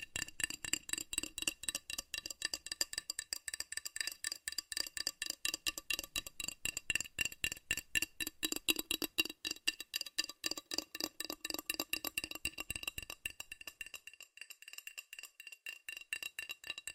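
Fast, furious tapping on metal, a dense stream of sharp bright clicks and clinks that barely pauses for the full seventeen seconds. The strikes come in quick, slightly uneven bursts, with a ringing glassy quality, thinning a little toward the end.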